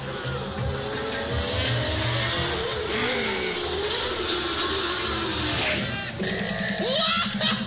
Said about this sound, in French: Ils vont bientôt s'éteindre et les voitures vont s'élancer. C'est attention, c'est parti.